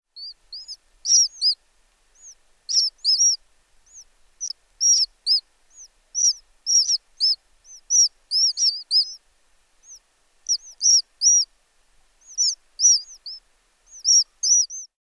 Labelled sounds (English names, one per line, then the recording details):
Common Sandpiper
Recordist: Frommolt, Karl-Heinz
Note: Rufe frischgeschlüpfter Küken